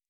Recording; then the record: hydrophone in a shrimp aquaculture tank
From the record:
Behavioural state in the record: normal